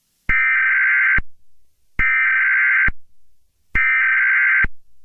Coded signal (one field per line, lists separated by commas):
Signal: Emergency Alert System (SAME) tones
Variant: header bursts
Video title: EAS Scenario 10: Fall guys invasion